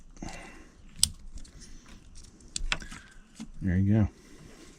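Someone closes the secondary locking gate on a replaced engine electrical plug connector on a 1997 Toyota Century, and it snaps shut with a loud, sharp click at 1.0 s, seating the connector. A few more sharp handling clicks follow around 2.6 and 2.7 s, then someone talks.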